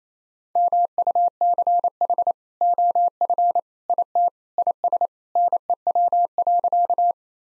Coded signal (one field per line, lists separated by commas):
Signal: Morse code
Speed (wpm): 28 wpm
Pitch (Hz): 700 Hz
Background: none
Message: MUCH OF IT IS NEW.